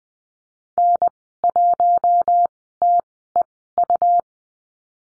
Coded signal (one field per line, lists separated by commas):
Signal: Morse code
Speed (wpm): 20 wpm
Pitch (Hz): 700 Hz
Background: none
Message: N1TEU